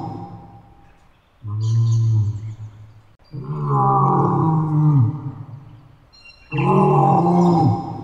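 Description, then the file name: Lioness giving three deep roaring calls in a row, each a low harmonic rumble, separated by short quiet gaps. Female (lioness). "Löwin"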